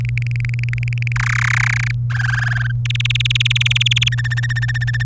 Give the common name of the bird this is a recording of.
Domestic Canary